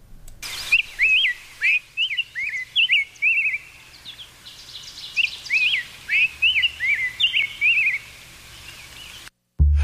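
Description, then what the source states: Rose-breasted Grosbeak song, a melodious run of rich warbled phrases, pausing and resuming, over steady background noise, ending abruptly. Melodious song; described as a type of cardinal.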